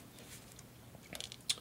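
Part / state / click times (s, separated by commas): hinged plastic accessory piece on an action figure's head / seated / 1.5 s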